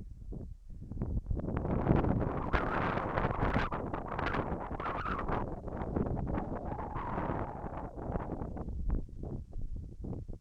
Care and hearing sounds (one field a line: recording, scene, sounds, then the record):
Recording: everyday scene through a hearing-aid microphone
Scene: wind on the microphone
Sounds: wind, whistling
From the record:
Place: in front of a rural house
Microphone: behind the ear, left, rear